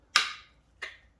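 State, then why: Seated. The front retaining clip of a headlight housing on a 996 911 is pushed home into the car body after the rear clip has been lined up, while replacing the forward parking light. A sharp, bright click at 0.2 s seats the clip, followed by a fainter second click at 0.8 s.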